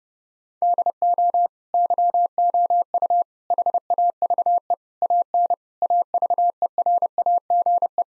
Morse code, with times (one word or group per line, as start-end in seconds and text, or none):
0.6-1.5 DO
1.7-3.2 YOU
3.5-4.7 HAVE
5.0-5.5 AN
5.8-8.0 AVERAGE